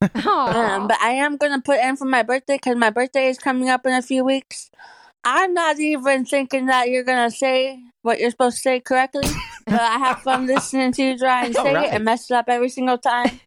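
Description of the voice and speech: An adult woman speaks fluently with mildly imprecise, slightly nasal consonants: altered articulation after stage 4 tongue cancer, which she has beaten.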